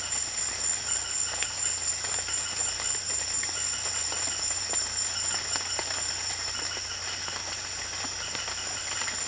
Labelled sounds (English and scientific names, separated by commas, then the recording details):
none
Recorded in secondary vegetation near Puerto Asís, Putumayo, Colombia, on 24 June 2025 at 18:30
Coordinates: 0.498, -76.327
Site GP09